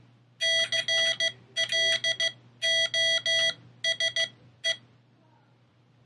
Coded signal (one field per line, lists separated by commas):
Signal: Morse code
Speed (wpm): 15 wpm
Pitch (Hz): 1950 Hz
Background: none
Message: CLOSE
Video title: Morserino32: Will it teach you CW?